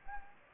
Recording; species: mosquito wingbeat signal from an infrared sensor; Anopheles gambiae